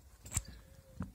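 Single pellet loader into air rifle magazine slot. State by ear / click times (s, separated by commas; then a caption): not seated / none. A 3D-printed plastic, spring-operated single-pellet loader is being inserted into the magazine slot of a Benjamin Marauder .22 air rifle, and the bolt is pulled back. Two short, sharp handling knocks are heard at about 0.4 s and 1.0 s over a quiet background. The loader has not seated or clicked into place yet.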